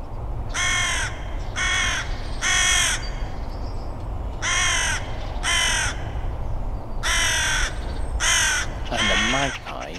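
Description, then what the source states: Carrion crow caws: harsh, hoarse calls given in loose bursts of two or three, about eight in ten seconds, over a low steady background rumble. Noisy squabble with a magpie over who would sit on the tallest chimney of houses by a lane; the carrion crow won; suburban Edinburgh, February.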